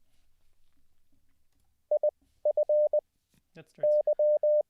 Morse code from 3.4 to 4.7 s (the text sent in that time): Y